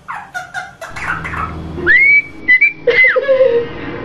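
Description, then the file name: Rosella giving a long, clear, level whistled note after a jumble of short, noisy chirps, ending in a lower falling whistle. "Canto da Rosela"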